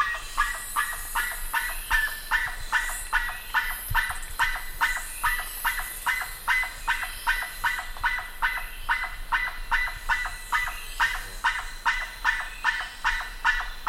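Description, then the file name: Bird calls, harsh nasal notes repeated rapidly about two to three per second in a steady run throughout, with a faint high hiss above. "SABIOD 50 bird 2015"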